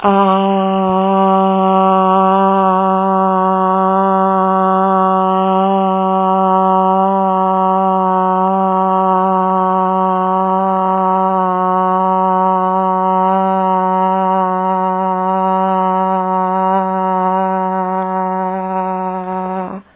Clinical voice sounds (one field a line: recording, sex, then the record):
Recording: sustained vowel /a/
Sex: female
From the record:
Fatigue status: no fatigue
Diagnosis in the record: COVID-19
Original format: 3gp